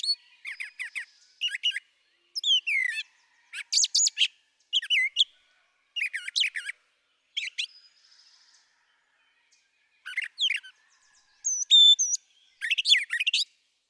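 Brown thrasher singing a long series of varied, rich phrases, harsh chirps, slurred whistles and rattles, each burst under a second with short gaps, faint other birds behind.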